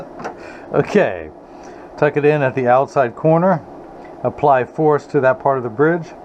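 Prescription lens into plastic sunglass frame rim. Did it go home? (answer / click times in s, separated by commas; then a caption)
no / none. A prescription Crizal Avance lens is tucked in at the outside corner of a rubberized plastic Ray-Ban 2132 New Wayfarer sunglass frame while force is applied at the bridge. Someone talks throughout, with only faint handling sounds between the words. Nothing has seated or clicked yet; the lens is not yet home in the rim.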